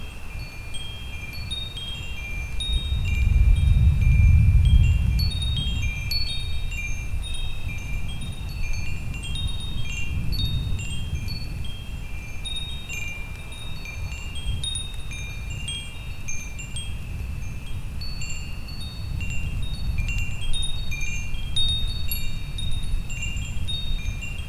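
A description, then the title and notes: Wind chimes ring steadily throughout, bright, overlapping tinkles scattered densely over a held, ringing tone. Beneath them, deep thunder rumbles swell and fade, loudest around four seconds, again near ten seconds and faintly toward the end, over a constant low wash. Thunderstorm and Chime Sound. Credit: Alexander from Orange Free Sounds.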